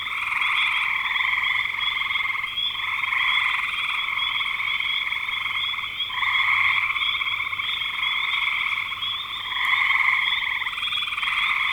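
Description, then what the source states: A massed frog chorus, rattling trills running without pause, with a few short drops in volume. Frogs recorded in spring 2025.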